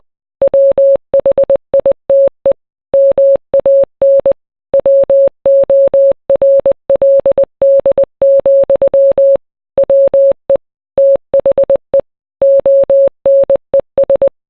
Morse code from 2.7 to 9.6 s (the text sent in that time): MAN WORLD,